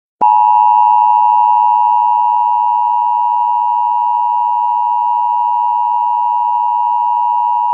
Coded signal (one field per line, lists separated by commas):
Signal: Emergency Alert System (SAME) tones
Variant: 853 and 960 Hz attention tone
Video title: The Uprising (EAS Scenario)